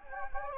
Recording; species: mosquito wingbeat signal from an infrared sensor; Anopheles gambiae